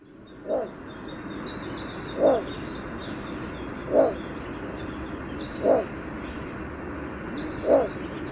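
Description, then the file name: Little bittern giving a low gruff croak, five repeats about two seconds apart, while other birds chirp faintly and high above a constant noisy hum. "Dvargrordrom. Krzysztof Deoniziak"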